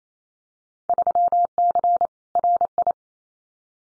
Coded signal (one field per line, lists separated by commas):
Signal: Morse code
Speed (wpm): 28 wpm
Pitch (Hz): 700 Hz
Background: none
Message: 3C RI